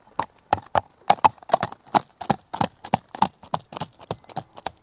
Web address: BBC Horses Trotting. horse at trot approaches stops and departs at fast trot on tarmac right to left